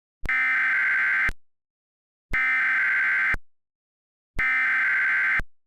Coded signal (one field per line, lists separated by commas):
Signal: Emergency Alert System (SAME) tones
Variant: header bursts